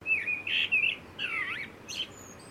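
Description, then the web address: Blackbird calls: several short, clear chirping and warbling notes, one sliding downward, given in quick succession. "Sound Effects-Foundation 1 BIRD BLACKBIRD CALL"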